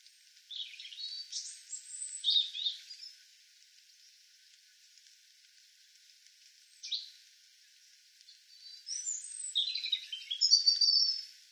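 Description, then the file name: European robin song: high, sweet tumbling phrases of trills and thin whistles, one burst early, a short note near seven seconds, then a richer phrase to the end. "Erithacus rubecula"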